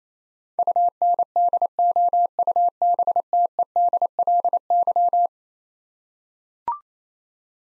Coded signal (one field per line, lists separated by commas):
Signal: Morse code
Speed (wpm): 27 wpm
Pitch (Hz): 700 Hz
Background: none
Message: UNDOUBTEDLY